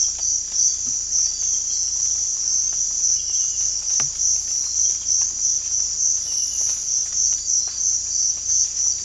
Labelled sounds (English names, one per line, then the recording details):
none
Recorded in dense forest near Puerto Asís, Putumayo, Colombia, on 18 December 2024 at 04:30
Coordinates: 0.481, -76.323
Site G100